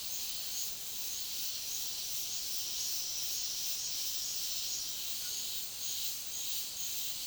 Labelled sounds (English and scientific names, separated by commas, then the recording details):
none
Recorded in dense forest near Puerto Asís, Putumayo, Colombia, on 19 February 2024 at 09:00
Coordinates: 0.502, -76.326
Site G6460